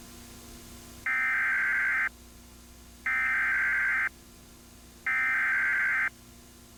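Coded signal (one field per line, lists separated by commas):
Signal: Emergency Alert System (SAME) tones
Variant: header bursts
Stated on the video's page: SAME tones opening a Severe Thunderstorm Warning Emergency Alert System activation on a York, Pennsylvania cable company's system.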